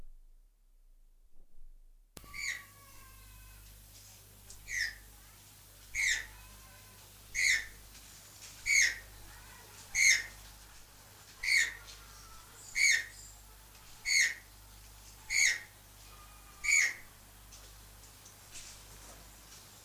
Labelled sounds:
Channel-billed Toucan call

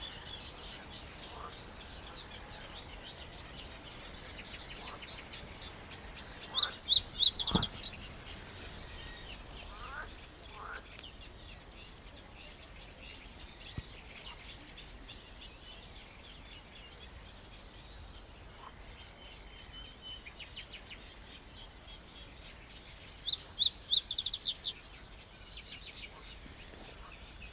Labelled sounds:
Reed Bunting

